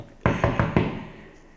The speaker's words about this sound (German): Und jetzt klopfe ich an.